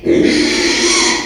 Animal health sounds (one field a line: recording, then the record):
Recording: squeal of a Yucatan mini pig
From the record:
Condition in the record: after surgery on the right vocal fold (resection and tissue-engineered implant)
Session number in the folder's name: 2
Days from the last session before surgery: 13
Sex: male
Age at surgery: 12 weeks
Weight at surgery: 13 kg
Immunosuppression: cyclosporine, prednisolone